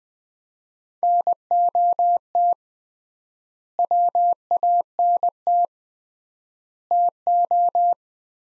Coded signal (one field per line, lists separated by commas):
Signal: Morse code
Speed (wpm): 20 wpm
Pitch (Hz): 700 Hz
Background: none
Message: NOT WANT TO